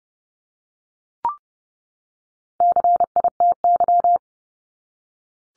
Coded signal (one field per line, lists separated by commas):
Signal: Morse code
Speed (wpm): 30 wpm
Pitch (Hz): 700 Hz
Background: none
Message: CITY